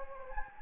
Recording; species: mosquito wingbeat signal from an infrared sensor; Anopheles gambiae